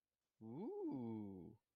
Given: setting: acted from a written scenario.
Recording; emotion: vocal sound without words; interest